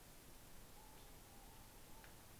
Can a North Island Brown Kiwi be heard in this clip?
no